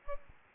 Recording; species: mosquito wingbeat signal from an infrared sensor; Aedes albopictus